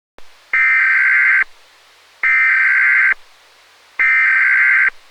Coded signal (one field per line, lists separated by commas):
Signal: Emergency Alert System (SAME) tones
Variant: header bursts